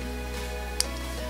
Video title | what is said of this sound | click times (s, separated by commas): Airsoft - Boutique air soft guns - ASG/Marushin CZ75 Shell-ejecting GBB [ENG sub] | Voilà, vous avez un petit clic, ne l'enfoncez pas comme une brute, sinon elle va rester coincée | 0.8 s